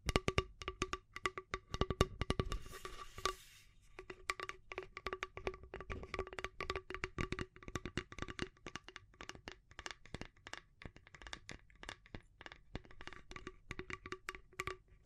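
Tapping and scratching in dense, fast clusters of sharp clicks that run through the whole clip with an uneven rhythm. Around the two-to-four second mark the hits turn into a rougher, brighter scratching burst, then the quick ticking resumes, slightly softer, to the end.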